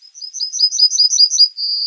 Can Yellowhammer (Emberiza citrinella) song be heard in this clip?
yes